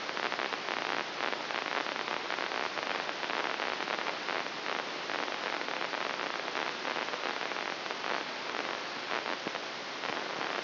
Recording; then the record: brain microelectrode recording played as sound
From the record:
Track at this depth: inside the subthalamic nucleus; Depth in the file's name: 4.11 mm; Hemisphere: left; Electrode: 3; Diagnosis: Parkinson's disease